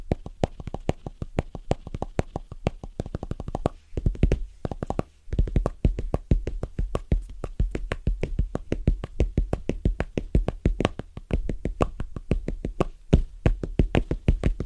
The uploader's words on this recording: ASMR Fast & Rhythmic Tapping On Different Surfaces (No Talking).